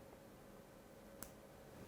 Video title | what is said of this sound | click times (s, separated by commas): [2021년 금과터 인천] 도입강연 5회 - 과학으로 확인하는 사랑, 러브미터만들기 | 이렇게 소리가 나야 하고요 | 1.2 s